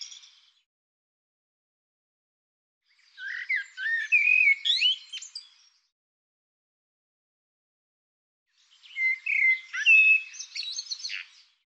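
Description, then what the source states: Bird song: a brief fragment at the start, then two separated phrases, each a quick jumble of high chirps, twangy slurs and scratchy buzzes lasting about three seconds. Bird labelled "Tu Me".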